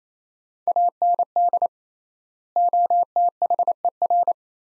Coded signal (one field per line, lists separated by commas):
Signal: Morse code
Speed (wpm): 28 wpm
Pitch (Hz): 700 Hz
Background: none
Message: AND OTHER